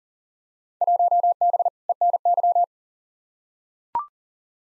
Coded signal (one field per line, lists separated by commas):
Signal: Morse code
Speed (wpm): 40 wpm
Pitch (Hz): 700 Hz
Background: none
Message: 1B ENY